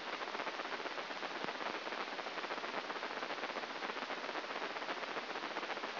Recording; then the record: brain microelectrode recording played as sound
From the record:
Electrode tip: inside the subthalamic nucleus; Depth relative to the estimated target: 0 mm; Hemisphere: right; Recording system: AlphaMap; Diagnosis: Parkinson's disease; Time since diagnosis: 12 years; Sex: male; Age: 57 years